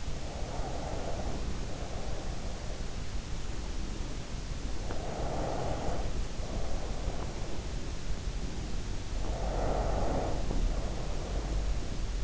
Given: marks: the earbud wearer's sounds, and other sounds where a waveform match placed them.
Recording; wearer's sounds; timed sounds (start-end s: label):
sounds in sleep by an in-ear microphone; breath
0.00-3.05 s: breath
4.85-7.66 s: breath
9.21-12.24 s: breath